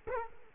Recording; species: mosquito wingbeat signal from an infrared sensor; Culex quinquefasciatus